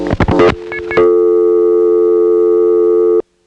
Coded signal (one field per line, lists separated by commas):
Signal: telephone call progress tone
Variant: North America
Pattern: dial tone